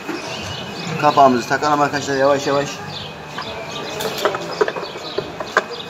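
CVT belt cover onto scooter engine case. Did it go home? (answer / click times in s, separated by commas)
yes / 5.6 s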